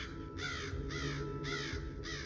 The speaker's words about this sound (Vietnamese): Tiếng quạ réo khiến cho Lâm và Đạt giật thót mình. Ngó đầu ra khỏi rạp, Đạt thốt lên. Con quạ lớn quá.